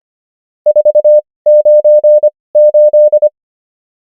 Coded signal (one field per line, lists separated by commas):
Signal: Morse code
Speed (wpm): 25 wpm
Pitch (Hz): 600 Hz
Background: none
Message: 498